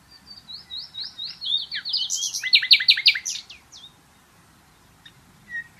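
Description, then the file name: Common nightingale song opening with soft repeated whistles that build into a loud, fast stuttering trill, then fading to a few quiet notes. "Luscinia megarhynchos"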